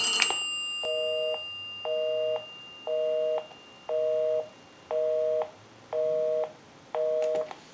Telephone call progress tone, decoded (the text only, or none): busy tone